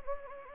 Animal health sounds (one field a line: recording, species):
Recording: mosquito wingbeat signal from an infrared sensor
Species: Anopheles gambiae